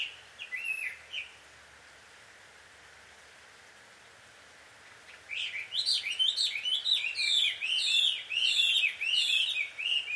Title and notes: 鳥の夫婦喧嘩 – Birds Quarrel At Dusk. Recorded in Takao Japan